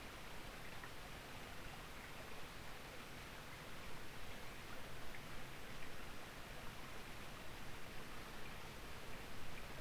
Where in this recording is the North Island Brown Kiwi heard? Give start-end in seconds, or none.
none